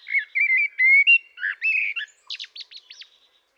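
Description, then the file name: Eurasian blackbird song phrase: clear whistled, slightly rising notes running into a rapid series of thin, high squeaky chips. "Turdus merula"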